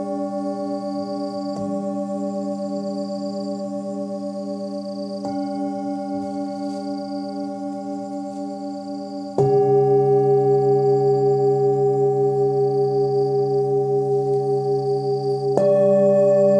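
Tibetan singing bowls ring in long, steady sustained tones with a slow pulsing waver. New strikes come at about 1.5, 5, 9.5 and 15.5 seconds, each swelling the ringing louder and brighter, with faint high chime-like tinkles scattered above.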